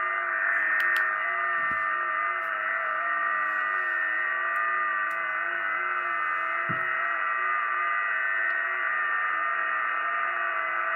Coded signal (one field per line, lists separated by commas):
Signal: FT8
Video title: R1CBU - FT8 Transmit & Decode X6100 , 2025